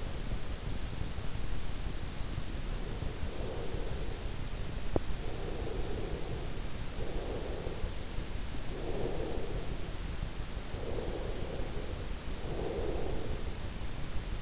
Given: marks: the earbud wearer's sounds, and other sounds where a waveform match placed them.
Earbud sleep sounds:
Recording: sounds in sleep by an in-ear microphone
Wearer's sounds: breath, teeth grinding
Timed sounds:
2.44-4.44 s: breath
4.44-5.40 s: teeth grinding
4.99-7.82 s: breath
8.44-13.44 s: breath

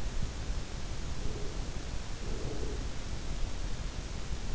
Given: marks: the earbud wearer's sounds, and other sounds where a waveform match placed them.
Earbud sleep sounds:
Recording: sounds in sleep by an in-ear microphone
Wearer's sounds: breath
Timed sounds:
0.75-3.72 s: breath

